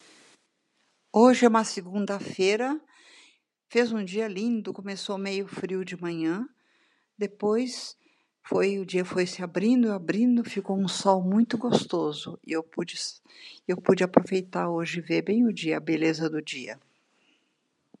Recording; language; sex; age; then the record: short text; Brazilian Portuguese; female; 80 to 89 years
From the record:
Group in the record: control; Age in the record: 80 years